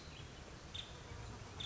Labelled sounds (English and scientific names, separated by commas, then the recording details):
Nuttall's Woodpecker (Dryobates nuttallii)
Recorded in Sonoma County, California